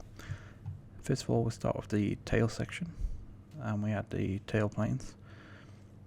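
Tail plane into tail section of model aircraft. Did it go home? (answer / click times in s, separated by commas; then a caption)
no / none. A plastic/foam tail plane is handled at the tail section of an F104 VTOL model aircraft while someone talks, with faint handling taps near 0.0, 0.2 and 0.7 seconds. The tail plane has not been slid home yet, and nothing has seated or clicked into place.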